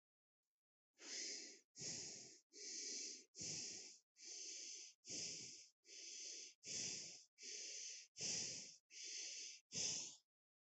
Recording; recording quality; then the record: shallow breathing; excellent, no background noise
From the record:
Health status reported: healthy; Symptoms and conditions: none ticked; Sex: male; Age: 37 years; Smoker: not ticked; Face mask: not worn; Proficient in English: yes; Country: India